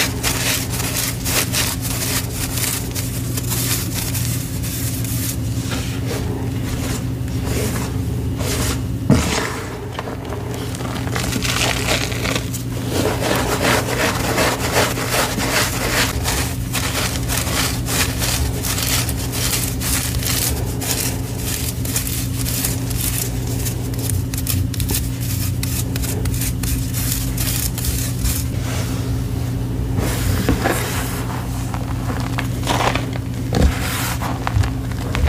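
Gym chalk is crushed and worked into paste, a dense run of gritty scraping and crumbling bursts that keep up almost without pause. A steady low hum runs underneath throughout. Around the ninth second a sharp knock stands out, followed by a brief lull.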